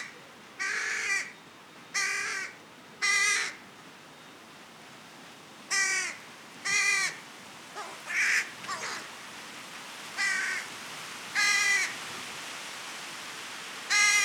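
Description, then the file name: Carrion crow cawing repeatedly, short rough calls spaced throughout, with a few softer, shorter notes mixed in over fourteen seconds. "Corvus corone"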